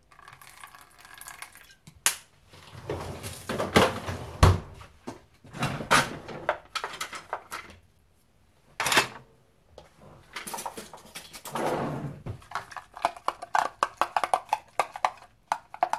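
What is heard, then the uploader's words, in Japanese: Sounds of cooking a dinner side dish, with seasoning containers being opened. Short bursts of clatter, rustling and clicks arrive irregularly, with a sharp knock near four seconds and a brief hiss near nine, separated by quiet pauses. お夕飯のおかずメイキング中の音。台所のoto。調味料開ける音。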